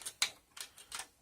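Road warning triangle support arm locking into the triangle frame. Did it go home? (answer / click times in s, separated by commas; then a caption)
yes / 0.2 s. A folding road warning triangle from a Bridgestone auto emergency kit, with suction cups on the bottom, is lifted up so its support arm locks into the triangle frame. A sharp click at 0.2 s marks it seating into place, followed by softer ticks around 0.6, 0.8 and 1.0 s.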